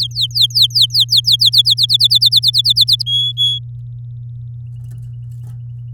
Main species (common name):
Domestic Canary